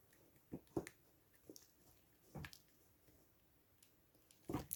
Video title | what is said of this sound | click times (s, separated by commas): Mr. Freeze - Batman and Robin Wave - McFarlane DC Multiverse - Building and Review | And the head doesn't want to snap on either. | none